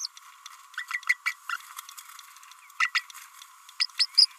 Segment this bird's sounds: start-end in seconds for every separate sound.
0.90-1.02, 1.25-1.35, 1.49-1.57, 2.79-2.91, 2.94-3.03, 3.80-3.85, 3.98-4.06, 4.17-4.26